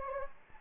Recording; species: mosquito wingbeat signal from an infrared sensor; Anopheles gambiae